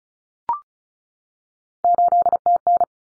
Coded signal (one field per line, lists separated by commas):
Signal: Morse code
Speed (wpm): 34 wpm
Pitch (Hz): 700 Hz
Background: none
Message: 8TN